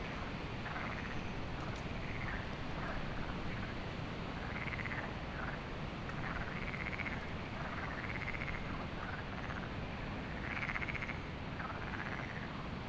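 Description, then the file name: Frogs giving scattered short croaking bursts, some grouped closely together, while low wind noise rumbles throughout. Frogs heard at night at Lagoa do Canário, with wind; binaural recording. "Lagoado Canario frogs"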